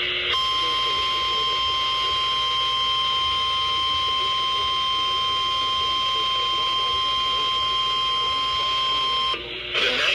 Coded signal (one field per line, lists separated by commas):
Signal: Emergency Alert System (SAME) tones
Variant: 1050 Hz attention tone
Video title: SO.MANY.GOD.DANG.ALERTS. EAS Alert Compilation 8/19/2020 - 8/22/2020